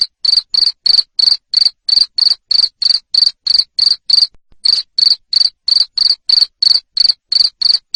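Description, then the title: Cricket chirps repeated steadily, roughly three each second, broken by one short gap midway. Loud cricket chirping played to stimulate lovebirds to keep singing in the ngekek style. "Suara JANGKRIK NGERIK Keras Bikin LOVEBIRD Jadi NGEKEK Terus Vubey"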